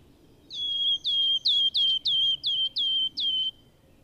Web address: Madardalok Cd 1-Sisegő füzike